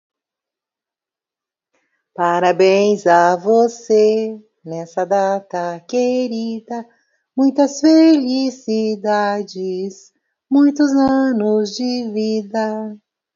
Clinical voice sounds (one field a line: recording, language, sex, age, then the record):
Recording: short text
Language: Brazilian Portuguese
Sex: female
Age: 50 to 59 years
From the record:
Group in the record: control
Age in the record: 54 years